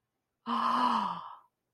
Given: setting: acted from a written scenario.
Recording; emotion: vocal sound without words; awe